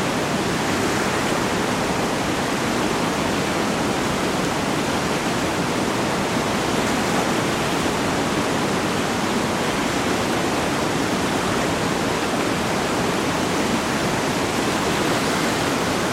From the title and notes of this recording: English Garden's Eisbach River (Munich, Germany). Eisbach River's ambient sound. Recorded using Zoom F6 & Rode NT5 in OTRF configuration.